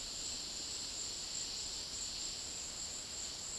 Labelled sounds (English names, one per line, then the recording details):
none
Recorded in dense forest near Puerto Asís, Putumayo, Colombia, on 21 February 2024 at 14:00
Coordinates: 0.500, -76.322
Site G6465